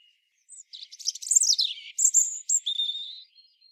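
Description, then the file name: European robin giving one high warbling phrase that slides downward, then ends in sustained thin whistled notes. "Erithacus rubecula"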